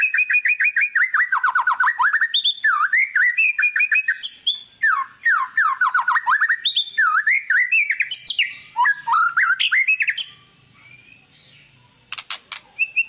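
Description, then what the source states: White-rumped shama song, loud and continuous: rich varied whistled phrases swooping down and up in fast series, then a pause and a few sharp clicks. Lure of a vigorously singing bird, meant to make other birds respond.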